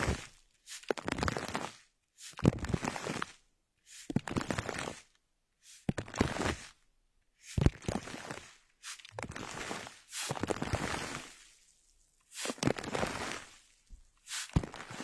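Handling of small objects like a crystal ball, a bag, glasses and a notebook. Dense bursts of crisp rustling and tapping arrive every one to two seconds, each with sharp clicks, separated by brief near-silent pauses.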